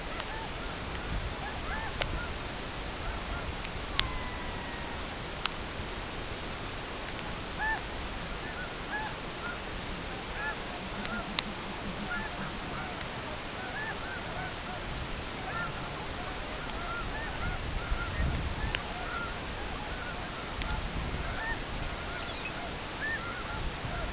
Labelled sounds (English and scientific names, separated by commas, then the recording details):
unidentified sound, Red-throated Loon (Gavia stellata), Lapland Longspur (Calcarius lapponicus)
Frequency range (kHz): Red-throated Loon (Gavia stellata) 0.6-2.5 kHz; Lapland Longspur (Calcarius lapponicus) 2.3-4.6 kHz
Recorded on Arctic tundra, site CORI-1, on 12 June 2018
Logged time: 08:00